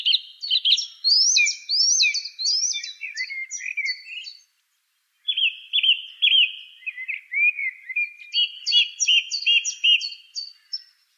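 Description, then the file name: Song thrush in full song, rich varied whistles and chips, then after a brief pause a clear phrase repeated several times in a steady rhythm. "suara-kicauan-burung-song-thrush -omkicau"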